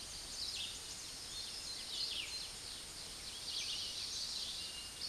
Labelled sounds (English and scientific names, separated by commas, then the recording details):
Red-eyed Vireo (Vireo olivaceus) song
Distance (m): 30 m
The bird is about 15 m above the microphone
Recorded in a Pennsylvania forest on 16 May 2024 at 06:10
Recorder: AudioMoth, point MSD-0398
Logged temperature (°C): 16.4 °C
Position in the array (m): 161 m, 68 m